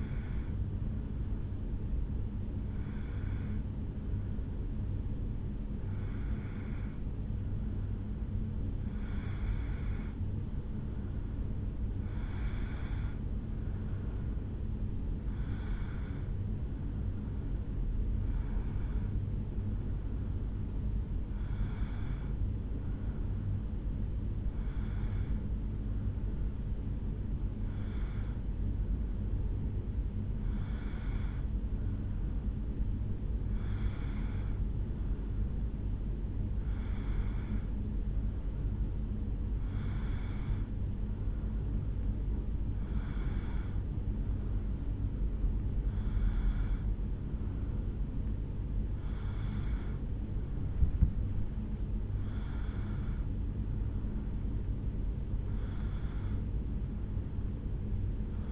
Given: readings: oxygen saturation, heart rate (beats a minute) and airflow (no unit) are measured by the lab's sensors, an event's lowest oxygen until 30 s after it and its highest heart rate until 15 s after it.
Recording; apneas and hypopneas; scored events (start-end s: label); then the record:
breathing in sleep by a smartphone at the bedside; none
0.00-14.00 s: awake
13.00-58.52 s: new sleep stage, N1 (lightest sleep)
From the record:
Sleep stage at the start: awake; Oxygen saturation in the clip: 92 to 93%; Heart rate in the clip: 71 to 75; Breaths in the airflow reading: 19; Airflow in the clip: -1.8 to 1.6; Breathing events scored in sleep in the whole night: 449 in 7.0 hours asleep